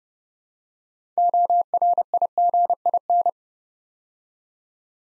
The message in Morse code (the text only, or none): ORIGIN